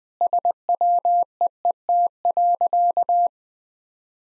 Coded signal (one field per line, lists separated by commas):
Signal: Morse code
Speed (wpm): 20 wpm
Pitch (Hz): 700 Hz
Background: none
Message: SWEET.